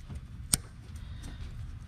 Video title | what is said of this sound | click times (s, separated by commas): 2014 Dodge Ram 1500 Spark Plug Replacement | and put the sensor back on make sure it clicks push the red tab in | 0.5 s